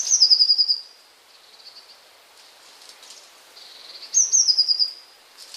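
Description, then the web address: Eurasian blue tit song: two phrases, each high thin notes sliding into a quick descending trill, about four seconds apart, with quiet gaps between. "wroblowe kolekcja modraszka"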